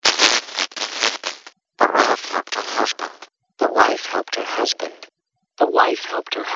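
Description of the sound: Four hissy, pitchless speech-like phrases with no clear words: a cochlear implant simulation of speech with only a few channels, from the early part of a series that steps up from 1 to 32 channels.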